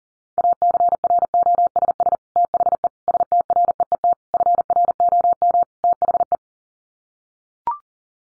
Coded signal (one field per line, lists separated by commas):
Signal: Morse code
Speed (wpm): 40 wpm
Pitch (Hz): 700 Hz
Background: none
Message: ACROSS THE STREET FROM THE